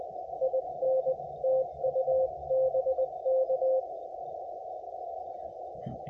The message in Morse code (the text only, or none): IN TU BK